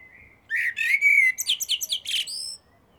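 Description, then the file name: Common blackbird song phrase: a low fluting whistle, then a rapid run of high squeaky twittering notes. "Turdus merula"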